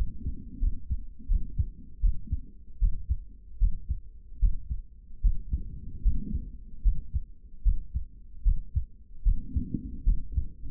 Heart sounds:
heart sounds by stethoscope; 76 bpm
0.59 s: heartbeat
1.27 s: heartbeat
2.01 s: heartbeat
2.80 s: heartbeat
3.59 s: heartbeat
4.40 s: heartbeat
5.22 s: heartbeat
6.03 s: heartbeat
6.83 s: heartbeat
7.63 s: heartbeat
8.43 s: heartbeat
9.23 s: heartbeat
10.04 s: heartbeat
From the record:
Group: healthy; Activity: rest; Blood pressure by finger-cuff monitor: 114/90 mmHg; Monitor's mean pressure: 100 mmHg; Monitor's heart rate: 75 bpm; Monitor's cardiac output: 3.4 L/min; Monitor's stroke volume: 44 mL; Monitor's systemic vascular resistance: 2240 dyn s/cm5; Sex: male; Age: 55 years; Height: 167 cm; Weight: 57.2 kg

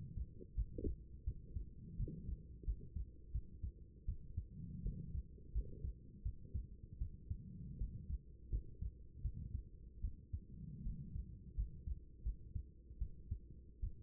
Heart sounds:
heart sounds by stethoscope; 82 bpm
0.55 s: heartbeat
1.25 s: heartbeat
1.97 s: heartbeat
2.65 s: heartbeat
3.32 s: heartbeat
4.06 s: heartbeat
4.83 s: heartbeat
5.53 s: heartbeat
6.23 s: heartbeat
6.99 s: heartbeat
7.78 s: heartbeat
8.50 s: heartbeat
9.22 s: heartbeat
10.01 s: heartbeat
10.83 s: heartbeat
11.55 s: heartbeat
12.23 s: heartbeat
12.99 s: heartbeat
13.80 s: heartbeat
From the record:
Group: healthy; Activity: rest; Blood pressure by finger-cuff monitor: 124/57 mmHg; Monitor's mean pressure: 81 mmHg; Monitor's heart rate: 83 bpm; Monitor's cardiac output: 8.9 L/min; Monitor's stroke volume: 110 mL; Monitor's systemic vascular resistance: 650 dyn s/cm5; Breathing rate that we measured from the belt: 21 breaths a minute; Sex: female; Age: 24 years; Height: 163 cm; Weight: 55.7 kg

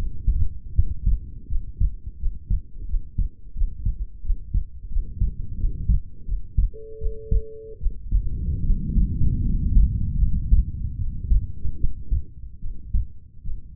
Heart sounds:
heart sounds by stethoscope; 80 bpm
0.73 s: heartbeat
1.47 s: heartbeat
2.17 s: heartbeat
2.86 s: heartbeat
3.53 s: heartbeat
4.22 s: heartbeat
4.89 s: heartbeat
5.57 s: heartbeat
6.25 s: heartbeat
6.98 s: heartbeat
7.78 s: heartbeat
8.62 s: heartbeat
9.42 s: heartbeat
10.18 s: heartbeat
10.96 s: heartbeat
11.77 s: heartbeat
12.59 s: heartbeat
13.43 s: heartbeat
From the record:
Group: healthy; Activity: rest 0-4 s, breath hold 4-14 s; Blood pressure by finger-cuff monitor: 106/70 mmHg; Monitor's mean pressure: 89 mmHg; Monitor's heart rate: 85 bpm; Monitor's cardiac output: 6.5 L/min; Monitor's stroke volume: 77 mL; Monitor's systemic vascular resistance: 950 dyn s/cm5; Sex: female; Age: 22 years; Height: 160 cm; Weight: 45 kg

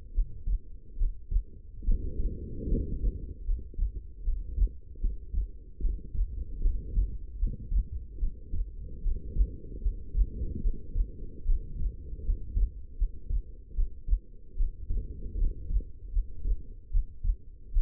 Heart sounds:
heart sounds by stethoscope; 75 bpm
0.13 s: heartbeat
0.97 s: heartbeat
1.85 s: heartbeat
2.67 s: heartbeat
3.44 s: heartbeat
4.23 s: heartbeat
5.00 s: heartbeat
5.80 s: heartbeat
6.61 s: heartbeat
7.38 s: heartbeat
8.19 s: heartbeat
9.02 s: heartbeat
9.81 s: heartbeat
10.61 s: heartbeat
11.45 s: heartbeat
12.24 s: heartbeat
12.97 s: heartbeat
13.74 s: heartbeat
14.56 s: heartbeat
15.37 s: heartbeat
16.12 s: heartbeat
16.91 s: heartbeat
17.72 s: heartbeat
From the record:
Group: healthy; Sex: female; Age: 19 years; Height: 163 cm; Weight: 51 kg

